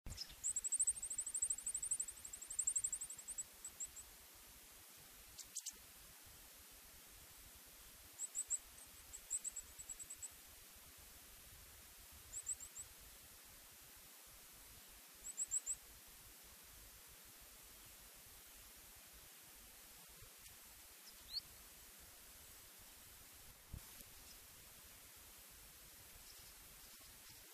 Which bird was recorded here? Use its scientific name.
Periparus ater